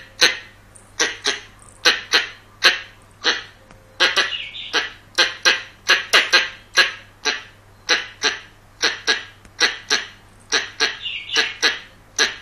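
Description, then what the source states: Squirrel call series: harsh, rapid chipping notes, sometimes paired or tripled, repeated unbroken for the whole span against a quiet background. Young male squirrel.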